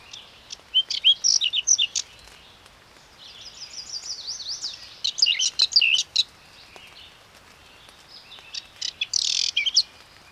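Whinchat song: several bursts of scratchy, twittering high notes mixed with brief whistled slurs, separated by pauses.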